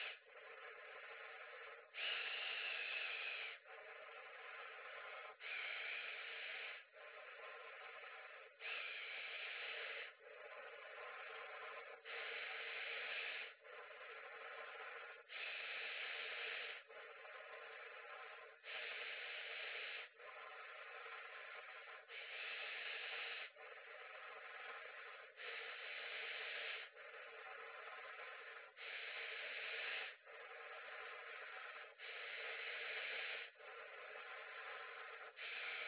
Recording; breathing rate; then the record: paced breathing near a phone; 18 breaths a minute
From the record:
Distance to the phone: 20 cm